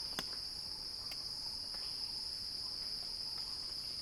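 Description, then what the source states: Cicada drone, continuous and high, with two short crackling clicks early on over the steady buzz. Cicada song building in a crescendo.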